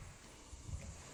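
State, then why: Not seated. A replacement windshield wiper blade, a universal type with an adapter bracket, is handled on the wiper arm of a JDM Honda CR-V and pushed onto the arm adapter. It had felt loose because it hadn't been clicked in far enough. Only low rumbling and a few soft knocks are heard, and nothing has seated or clicked yet.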